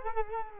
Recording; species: mosquito wingbeat signal from an infrared sensor; Culex quinquefasciatus